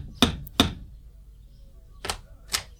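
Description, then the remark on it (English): Someone knocks on the door of a big house twice, pauses, then knocks twice more, each rap sharp and solid, with quiet between the pairs. “I'll knock on the door of the big house here and ask where I'll find Plank round the place.”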